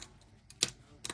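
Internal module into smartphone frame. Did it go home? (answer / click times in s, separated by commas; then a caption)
yes / 0.6 s, 1.0 s. A small plastic and metal module, likely the charging port board, is fitted into the frame of a Samsung S24 Ultra phone: its lower edge goes in first, then it is pressed and adjusted into place. Sharp little clicks sound at 0.6 s and 1.1 s over faint background noise, and the module is seated in the frame.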